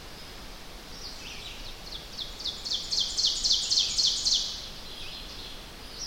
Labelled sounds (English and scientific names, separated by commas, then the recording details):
Ovenbird (Seiurus aurocapilla) song
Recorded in boreal forest in Alberta, Canada, on 10 June 2016 at 07:02
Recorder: SongMeter 3, array SBT-3-39
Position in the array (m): 231 m, 96 m
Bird 17